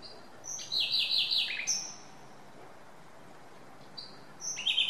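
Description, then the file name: Common nightingale song: an intro whistle, then a rapid, rattling series of repeated notes, a pause, and a new phrase starting. "Luscinia megarhynchos"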